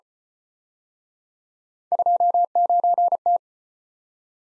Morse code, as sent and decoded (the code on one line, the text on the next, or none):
..--- ----. -
29T